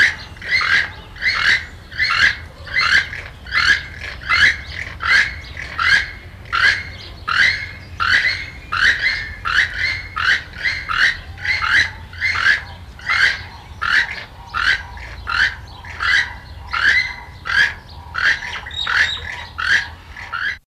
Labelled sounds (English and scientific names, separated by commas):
Keel-billed Toucan (Ramphastos sulfuratus) call